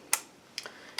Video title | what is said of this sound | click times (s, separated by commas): MAQUILLAGE PRINTANIER & Démonstration du lisseur vapeur Ultron ! | Il est bien, il se clipse pas en fait, donc ce qui fait qu'il se balade complètement dans le lisseur. | none